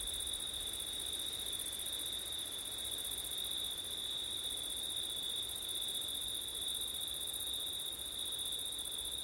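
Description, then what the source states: Cricket chorus keeps up an even, unbroken high-pitched trill, layered with a fainter upper band, against a low hiss of wind. September night, with wind.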